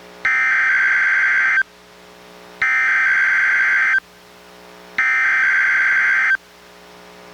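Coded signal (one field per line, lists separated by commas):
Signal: Emergency Alert System (SAME) tones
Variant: header bursts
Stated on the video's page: NOAA Weather Radio Required Weekly Test relayed by an Astoria station, recorded from a Reecom R-1630 weather radio through a Zoom H1 recorder.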